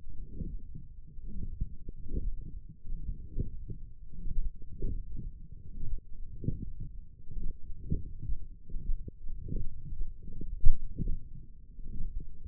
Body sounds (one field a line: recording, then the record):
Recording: forearm muscle sounds (acoustic myography)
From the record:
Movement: forearm supination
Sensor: system 1, eight BSWA MPA416 microphones around the upper forearm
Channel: 4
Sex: male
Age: 21 years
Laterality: right